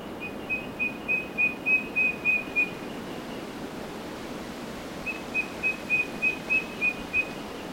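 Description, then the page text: Eastern yellow robin repeating level whistled notes in two quick runs of several pips each, separated by a pause, against a faint constant hiss. Recorded in Queensland. "Bird Eastern Yellow Robin Call 01. Birds in Queensland"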